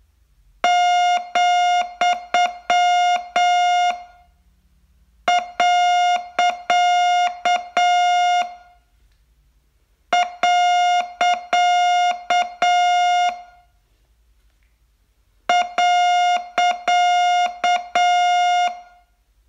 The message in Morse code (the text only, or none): , . . .